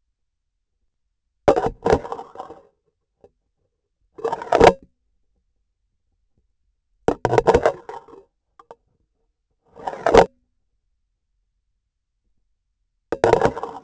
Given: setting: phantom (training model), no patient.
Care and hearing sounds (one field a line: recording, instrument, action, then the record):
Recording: laparoscopic instrument, vibration sensor on the handle end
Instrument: grasping forceps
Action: insertion and removal through the trocar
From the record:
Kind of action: spatial motion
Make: Olympus